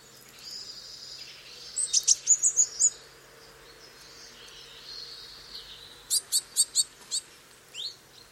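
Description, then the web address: Eurasian blue tit singing two bursts of quick, evenly spaced high notes, with fainter thin whistles behind. "cianscape. Deverinetal"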